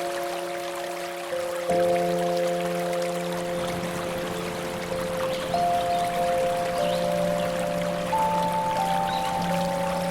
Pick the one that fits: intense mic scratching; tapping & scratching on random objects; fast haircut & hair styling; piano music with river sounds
piano music with river sounds